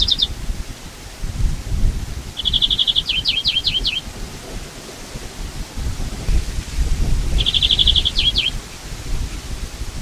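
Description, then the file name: European greenfinch uttering trills ending in sharp down-slurred notes, over a steady low rumble. "Chloris chloris"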